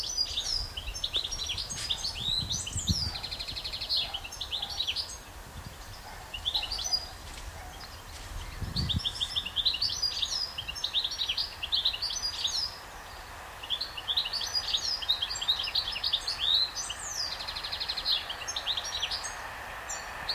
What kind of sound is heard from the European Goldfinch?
song